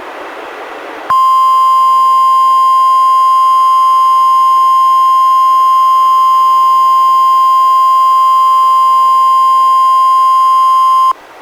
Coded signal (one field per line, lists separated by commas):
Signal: Emergency Alert System (SAME) tones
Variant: 1050 Hz attention tone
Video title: EAS #82: NWR Required Weekly Test- Oct. 21, 2015- 11:01AM PDT